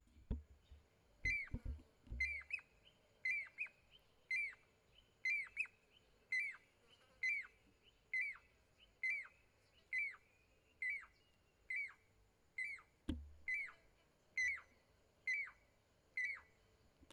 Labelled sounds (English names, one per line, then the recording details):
Pied Cuckoo
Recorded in northern Uganda